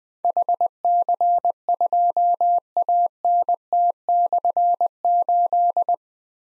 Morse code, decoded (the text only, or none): HC2ANT/8